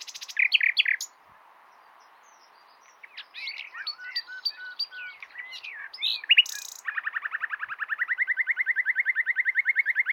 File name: Luscinia megarhynchos